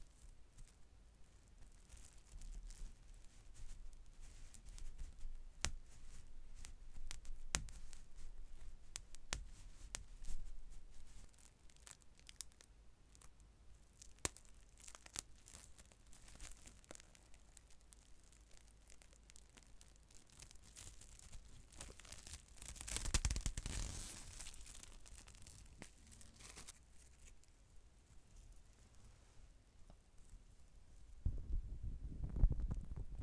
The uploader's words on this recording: Super TINGLY Shaving Gel.